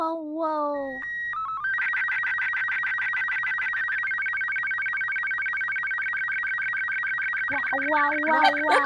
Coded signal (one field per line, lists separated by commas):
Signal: SSTV (slow-scan television)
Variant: Robot 36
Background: speech